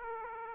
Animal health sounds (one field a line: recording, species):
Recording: mosquito wingbeat signal from an infrared sensor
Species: Aedes aegypti